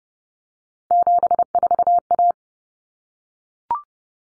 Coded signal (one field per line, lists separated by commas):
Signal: Morse code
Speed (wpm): 30 wpm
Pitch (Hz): 700 Hz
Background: none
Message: 74A